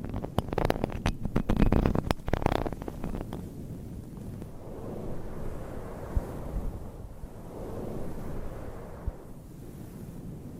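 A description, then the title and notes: Scratching with nails on microphone covers, busiest in the first three seconds with rapid sharp scrapes and crackles stacked densely. After that it settles into softer, muffled rubbing that swells and fades in slow waves, with a few isolated ticks near six and nine seconds. ASMR Mic Scratching - Brain Scratching with 54 DIFFERENT MICS Covers & Nails No Talking.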